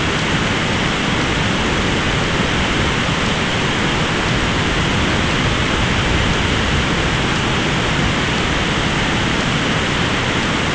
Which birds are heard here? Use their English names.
none